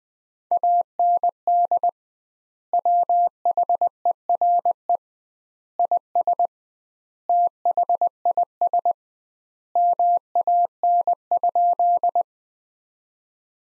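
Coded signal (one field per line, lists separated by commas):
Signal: Morse code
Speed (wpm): 21 wpm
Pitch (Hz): 700 Hz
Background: none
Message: AND WHERE IS THIS MAN?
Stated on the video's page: Morse practice of sentences from the top 200 words at 20 wpm with 2x word spacing, a method analogous to Farnsworth.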